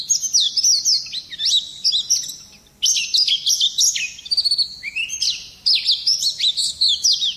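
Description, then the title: White-eye song in three dense bursts of high, twittering, sliding notes separated by brief gaps. Song type called 'ngalas'. "Pleci. Placi Ngalas"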